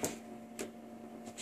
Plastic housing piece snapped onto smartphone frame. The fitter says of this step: hear it kind of click. Yeah, see, that's going in much better now.